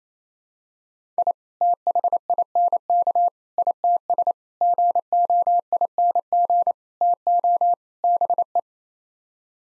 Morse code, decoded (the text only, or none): I THINK ITS GOING TO BE